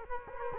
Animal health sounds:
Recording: mosquito wingbeat signal from an infrared sensor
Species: Culex quinquefasciatus

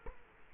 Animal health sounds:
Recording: mosquito wingbeat signal from an infrared sensor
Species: Culex quinquefasciatus

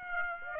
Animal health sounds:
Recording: mosquito wingbeat signal from an infrared sensor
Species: Aedes aegypti

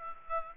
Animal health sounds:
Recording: mosquito wingbeat signal from an infrared sensor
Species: Aedes aegypti

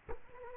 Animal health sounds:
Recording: mosquito wingbeat signal from an infrared sensor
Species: Culex quinquefasciatus

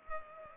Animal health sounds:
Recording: mosquito wingbeat signal from an infrared sensor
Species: Culex pipiens

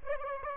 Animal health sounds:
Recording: mosquito wingbeat signal from an infrared sensor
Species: Aedes aegypti

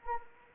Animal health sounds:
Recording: mosquito wingbeat signal from an infrared sensor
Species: Anopheles arabiensis

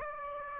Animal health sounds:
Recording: mosquito wingbeat signal from an infrared sensor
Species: Aedes aegypti

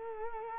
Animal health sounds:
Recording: mosquito wingbeat signal from an infrared sensor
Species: Culex quinquefasciatus

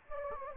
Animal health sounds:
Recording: mosquito wingbeat signal from an infrared sensor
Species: Anopheles gambiae

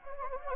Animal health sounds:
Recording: mosquito wingbeat signal from an infrared sensor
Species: Anopheles gambiae

